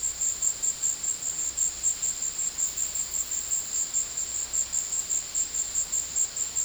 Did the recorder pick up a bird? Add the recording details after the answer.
no. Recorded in secondary vegetation near Puerto Asís, Putumayo, Colombia, on 19 February 2024 at 14:30. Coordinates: 0.481, -76.323. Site G6376